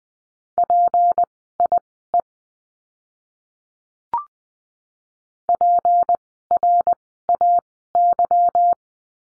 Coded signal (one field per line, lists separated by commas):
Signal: Morse code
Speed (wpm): 20 wpm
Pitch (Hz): 700 Hz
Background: none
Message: PIE PRAY